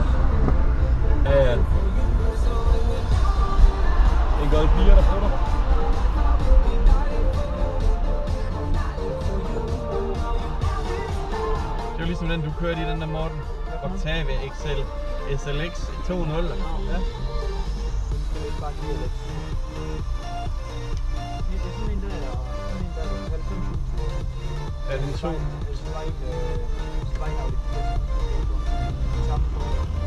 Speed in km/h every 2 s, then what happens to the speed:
45, 43, 41, 26, 11, 1, 0, 0, 0, 0, 0, 0, 0, 0, 15.
0-10 brakes to 1. 10-27 standing. 27-30 pulls away to 15.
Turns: none.